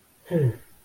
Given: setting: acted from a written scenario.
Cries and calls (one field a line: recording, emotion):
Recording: vocal sound without words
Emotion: neutral